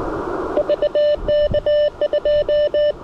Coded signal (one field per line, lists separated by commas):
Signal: Morse code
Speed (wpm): 20 wpm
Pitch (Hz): 590 Hz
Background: radio noise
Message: VK2